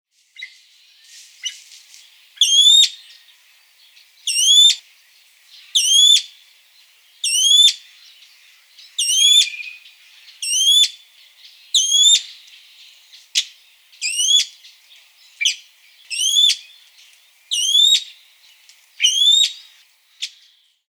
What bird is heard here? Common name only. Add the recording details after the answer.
Golden Pheasant. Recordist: Tembrock, Günter. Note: Rufe eines Männchens